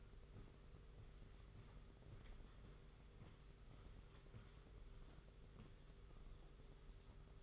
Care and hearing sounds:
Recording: daily activity, microphone in the room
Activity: walk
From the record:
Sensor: 4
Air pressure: 991.5 hPa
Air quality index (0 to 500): 138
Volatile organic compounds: 56 ppm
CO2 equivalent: 3374 ppm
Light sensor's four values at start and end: 23/76/28/29 and 23/75/28/29

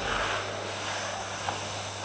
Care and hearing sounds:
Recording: daily activity, microphone in the room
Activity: vacuum cleaning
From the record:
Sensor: 2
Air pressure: 999.9 hPa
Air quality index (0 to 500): 127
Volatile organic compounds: 2 ppm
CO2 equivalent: 1091 ppm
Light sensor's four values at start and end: 28/69/30/33 and 28/69/30/33

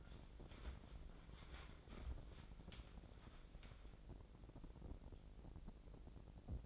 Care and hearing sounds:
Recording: daily activity, microphone in the room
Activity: wipe stove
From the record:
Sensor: 5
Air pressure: 1012.4 hPa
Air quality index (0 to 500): 157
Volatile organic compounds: 2 ppm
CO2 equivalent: 1073 ppm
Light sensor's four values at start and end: 184/440/189/218 and 178/423/182/208

